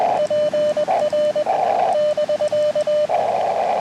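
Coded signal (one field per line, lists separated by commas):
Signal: Morse code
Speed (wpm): 21 wpm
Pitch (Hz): 600 Hz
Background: radio noise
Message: PR <BK>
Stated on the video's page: CW POTA activation of a new park on Puerto Rico's north coast, using an Elecraft KX2 and Sidewinder antenna.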